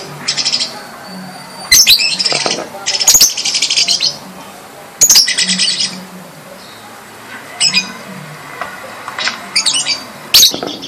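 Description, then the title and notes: Bird song in loud, high, scratchy bursts of rapid chirps, separated by short pauses, with quieter twittering between phrases. "Bird Sound. Kicau Burung Lengkap"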